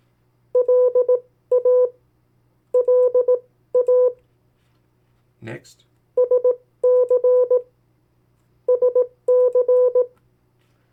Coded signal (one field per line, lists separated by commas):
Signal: Morse code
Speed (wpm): 18 wpm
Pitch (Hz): 500 Hz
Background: speech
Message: LA LA SC SC